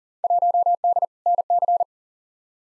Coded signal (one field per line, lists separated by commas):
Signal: Morse code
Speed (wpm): 39 wpm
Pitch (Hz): 700 Hz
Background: none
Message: 1D NC